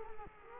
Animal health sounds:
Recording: mosquito wingbeat signal from an infrared sensor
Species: Culex quinquefasciatus

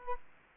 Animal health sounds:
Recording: mosquito wingbeat signal from an infrared sensor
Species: Culex quinquefasciatus

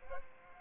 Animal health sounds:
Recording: mosquito wingbeat signal from an infrared sensor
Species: Aedes aegypti

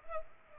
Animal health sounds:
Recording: mosquito wingbeat signal from an infrared sensor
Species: Culex pipiens

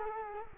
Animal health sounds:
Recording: mosquito wingbeat signal from an infrared sensor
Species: Culex quinquefasciatus

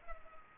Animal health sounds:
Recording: mosquito wingbeat signal from an infrared sensor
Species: Culex pipiens

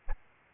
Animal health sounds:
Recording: mosquito wingbeat signal from an infrared sensor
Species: Aedes albopictus

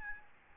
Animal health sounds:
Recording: mosquito wingbeat signal from an infrared sensor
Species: Aedes albopictus

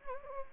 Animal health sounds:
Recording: mosquito wingbeat signal from an infrared sensor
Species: Anopheles gambiae

